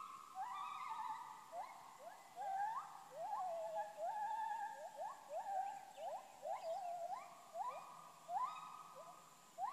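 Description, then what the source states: Gibbon chorus of repeated sliding, upswept whoops and quavering notes that overlap steadily throughout, with a faint hum behind. Gibbons calling in Khao Yai National Park, Thailand.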